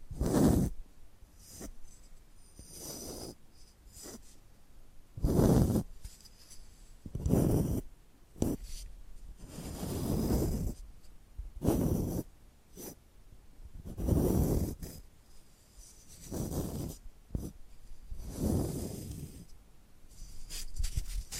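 Tapping and scratching sounds come in short, soft bursts, roughly one every second or two, with a few longer scratchy passages around ten and fourteen seconds. The strokes are mostly low and muffled with some brighter scratch on top, separated by brief quiet gaps.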